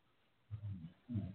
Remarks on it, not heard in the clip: Is that your dog. Can you hear him snoring? Oh, he's snoring.